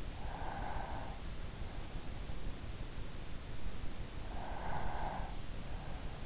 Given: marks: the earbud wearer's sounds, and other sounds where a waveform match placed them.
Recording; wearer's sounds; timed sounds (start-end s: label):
sounds in sleep by an in-ear microphone; breath
0.10-1.99 s: breath
4.16-5.99 s: breath